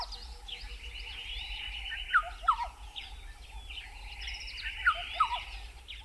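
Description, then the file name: Black-headed oriole giving paired liquid, downslurred whistled notes, two pairs a few seconds apart, over an intermittent buzzing drone and other chirping birds. "Black-headed Oriole (Oriolus larvatus)"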